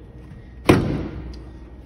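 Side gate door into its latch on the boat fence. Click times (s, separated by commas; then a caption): 0.7 s. The port side walkthrough gate door in the fence of a 2021 SilverWave 2410 SW3 CLS pontoon boat is swung shut into its latch, landing with a solid thud at 0.7 s that rings off briefly, followed by a faint tick at 1.3 s. The door latches and locks into place.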